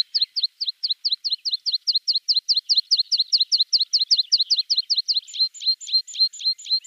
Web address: Schulze Peter Meadow Pipit song